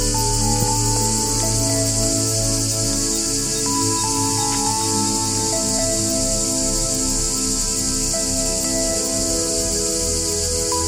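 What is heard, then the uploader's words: Numerous cicadas keep up a steady, dense, high-pitched buzzing that never lets up across the whole recording. Underneath, a low mechanical hum holds with slowly shifting tones, perhaps an engine or machinery, while occasional faint clicks break through. This piece serves as an example of sound art created from the soundscape I recorded at Liqeni Artificial i Tiranes. In this work, I have replicated the acoustic environment characterized by the presence of numerous cicadas, enhancing it with a cinematic effect.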